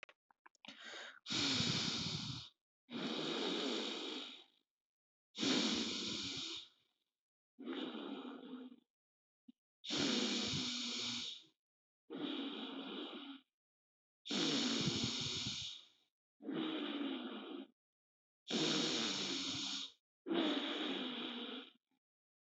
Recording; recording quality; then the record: deep breathing; excellent, no background noise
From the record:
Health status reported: respiratory illness, not identified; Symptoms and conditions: asthma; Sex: male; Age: 24 years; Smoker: not ticked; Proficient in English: yes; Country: India